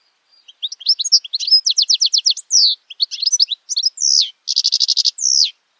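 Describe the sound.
Bird singing continuously with varied chirps, trilled runs, buzzy downward slurs and a dense rattling phrase near the end.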